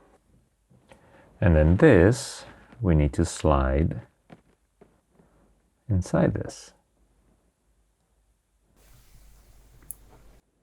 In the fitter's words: don't know if you heard a little click but it clicked in place and now this is perfect